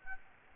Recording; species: mosquito wingbeat signal from an infrared sensor; Aedes albopictus